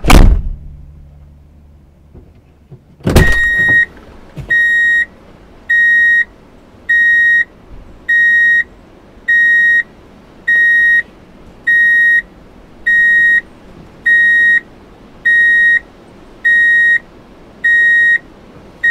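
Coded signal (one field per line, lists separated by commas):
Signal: alarm pattern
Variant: vehicle reversing beeper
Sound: steady high beeps repeating about every 1.3 seconds, roughly 12 in all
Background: engine idle, door thump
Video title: car reverse sound car back sound effect car reverse beep truck reverse gudu gama music #soundeffect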